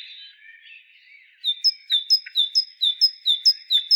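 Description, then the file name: Great tit calling a steady run of bright, high two-part notes, each dropping in pitch, after a soft, low twittering start. "Parus major"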